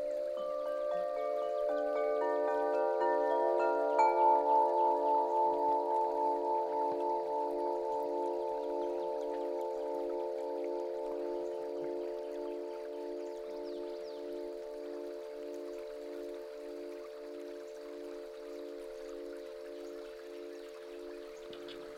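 Koshi chimes and a dream harp ring out: a cluster of bright notes is struck in quick succession over the first four seconds. The notes then hang together as a sustained, gently wavering chord that slowly fades, with faint soft ticking behind.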